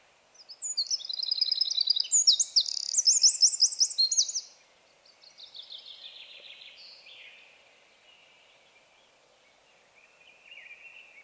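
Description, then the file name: Eurasian wren song: a loud, rapid burst of high, buzzy trills and sharp notes lasting about four seconds, then a fainter, quieter trilled phrase and a brief soft trill near the end. "Troglodytes troglodytes"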